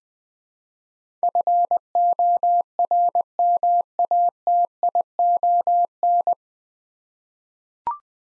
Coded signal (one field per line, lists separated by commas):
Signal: Morse code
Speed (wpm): 20 wpm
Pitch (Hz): 700 Hz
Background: none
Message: FORMATION